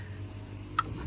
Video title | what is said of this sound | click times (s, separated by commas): These Amazon LED bulbs are better than oem. Volkswagen CC/Audi | Oh, nice little click. That's in there. | 0.8 s